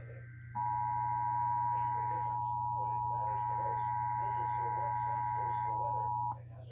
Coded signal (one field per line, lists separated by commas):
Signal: Emergency Alert System (SAME) tones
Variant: 853 and 960 Hz attention tone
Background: speech